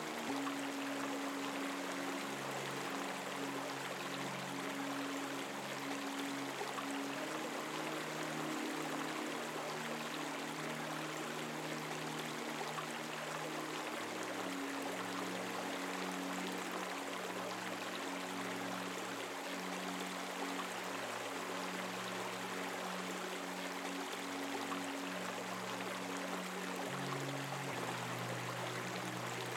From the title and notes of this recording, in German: Beruhigende Murmeln des BACHES und eine Sanfte MELODIE. Klang eines murmelnden Baches. Sanften und harmonischen Melodie.